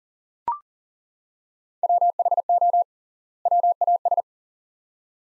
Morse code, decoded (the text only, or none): WHO WAS